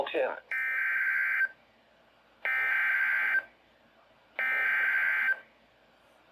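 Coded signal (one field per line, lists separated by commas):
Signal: Emergency Alert System (SAME) tones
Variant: header bursts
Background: speech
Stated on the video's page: Severe Thunderstorm Warning EAS activations from NWS Milwaukee/Sullivan, captured off a Midland WR120BEZ weather radio with a phone voice recorder beside it.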